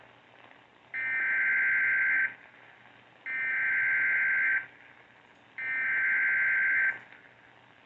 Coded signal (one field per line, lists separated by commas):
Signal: Emergency Alert System (SAME) tones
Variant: header bursts